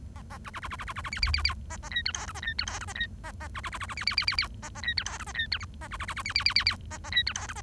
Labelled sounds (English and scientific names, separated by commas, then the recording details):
Bengalese Finch (Lonchura striata domestica) song
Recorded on 1 October 2012 at 08:27
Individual or60yw70